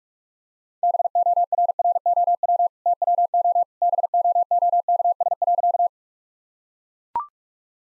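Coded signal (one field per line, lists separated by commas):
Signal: Morse code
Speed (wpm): 41 wpm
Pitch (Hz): 700 Hz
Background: none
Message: BORROW TWO BOOKS.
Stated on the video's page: Morse practice of easy sentences with context hints at 45 wpm.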